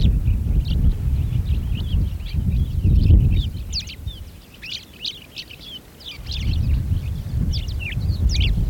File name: fischers sparrow lark